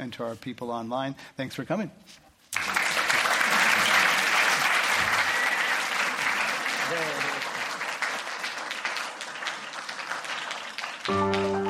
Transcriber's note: applause